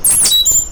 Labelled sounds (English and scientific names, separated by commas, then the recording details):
Stitchbird (Notiomystis cincta) song
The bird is a male
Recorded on Tiritiri Matangi Island, New Zealand, in 2005
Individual 1, of nest box 1